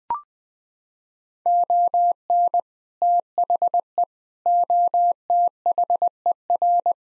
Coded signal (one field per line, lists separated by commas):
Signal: Morse code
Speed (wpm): 20 wpm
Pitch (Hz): 700 Hz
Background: none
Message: ON THE OTHER